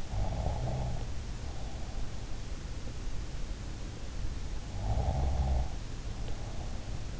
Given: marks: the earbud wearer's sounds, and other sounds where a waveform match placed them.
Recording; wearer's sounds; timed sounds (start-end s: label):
sounds in sleep by an in-ear microphone; breath, snoring breath
0.19-2.38 s: breath
5.01-7.20 s: snoring breath